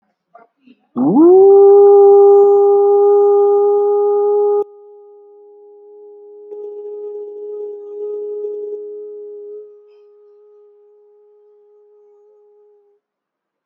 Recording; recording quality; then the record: sustained vowel as in boot; excellent, no background noise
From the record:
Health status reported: healthy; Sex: male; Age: 36 years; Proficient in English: yes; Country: India